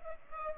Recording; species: mosquito wingbeat signal from an infrared sensor; Culex pipiens